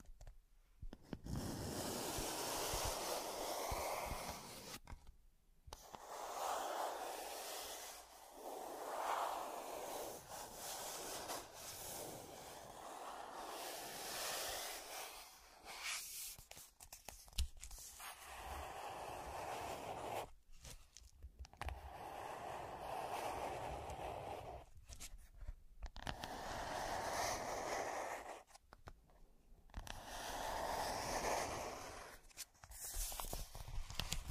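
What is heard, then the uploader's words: Scratching that runs as dense, rough bursts of noise from low to bright, lasting several seconds each. Short near-silent gaps break the stream around 5, 21, 26 and 29 seconds, and the loudness keeps wavering within each stretch. Pure Scratching.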